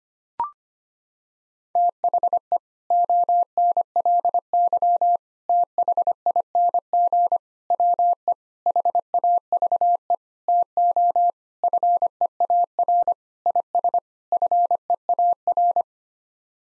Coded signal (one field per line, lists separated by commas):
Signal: Morse code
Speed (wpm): 25 wpm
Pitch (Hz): 700 Hz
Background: none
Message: THE ONLY THING WE HAVE TO FEAR IS FEAR